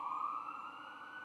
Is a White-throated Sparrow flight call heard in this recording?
no